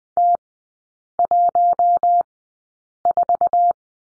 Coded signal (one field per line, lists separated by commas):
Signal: Morse code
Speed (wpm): 20 wpm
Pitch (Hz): 700 Hz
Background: none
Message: T14